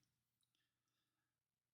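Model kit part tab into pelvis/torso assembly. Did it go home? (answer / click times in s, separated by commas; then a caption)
no / none. A plastic/metal model pelvis part with a larger tab is handled against its slot in the pelvis/torso assembly of a Fanhome Optimus Prime partwork build at stage 30, where it is meant to fit snugly, maybe too snugly. Only a few faint light ticks and handling noises are heard over a quiet background. Nothing has seated or popped into place yet.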